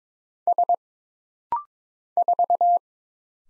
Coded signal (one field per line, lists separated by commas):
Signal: Morse code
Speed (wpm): 22 wpm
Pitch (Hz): 700 Hz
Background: none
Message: S 4